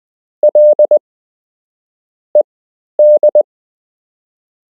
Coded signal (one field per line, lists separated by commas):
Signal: Morse code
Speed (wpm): 20 wpm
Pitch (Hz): 600 Hz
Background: none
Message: LED